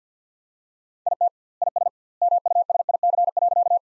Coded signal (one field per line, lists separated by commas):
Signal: Morse code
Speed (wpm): 50 wpm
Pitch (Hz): 700 Hz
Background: none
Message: IT IS MUSIC.